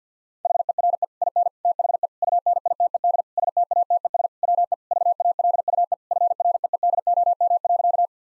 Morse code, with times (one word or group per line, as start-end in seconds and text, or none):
0.5-1.0 HERE
1.2-1.5 IN
1.7-2.1 THE
2.2-3.2 UNITED
3.4-4.3 STATES
4.4-4.7 WE
4.9-5.9 VALUE
6.1-8.1 FREEDOM.